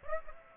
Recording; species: mosquito wingbeat signal from an infrared sensor; Aedes aegypti